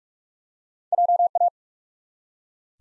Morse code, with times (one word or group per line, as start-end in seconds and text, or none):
0.9-1.3 J
1.4-1.5 A